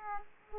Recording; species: mosquito wingbeat signal from an infrared sensor; Aedes aegypti